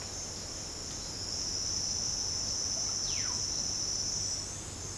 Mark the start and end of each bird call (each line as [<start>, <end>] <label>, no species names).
[2.96, 3.42] bird call